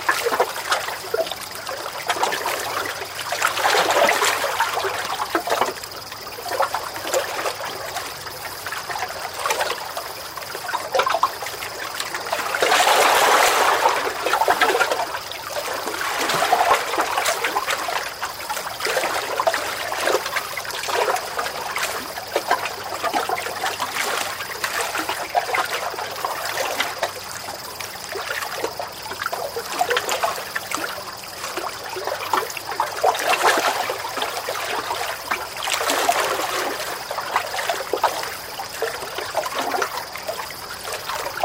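Water laps against a dock in a steady, busy patter of small splashes and trickles, with brighter surges around 4, 13 and 36 seconds. A faint low hum sits underneath, and a thin high tone runs throughout.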